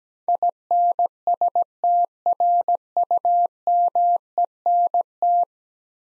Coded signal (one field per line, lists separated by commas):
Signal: Morse code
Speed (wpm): 17 wpm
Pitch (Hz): 700 Hz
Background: none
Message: INSTRUMENT